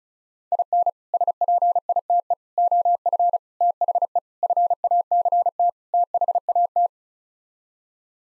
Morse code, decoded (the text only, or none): IN SPITE OF THE FACT THAT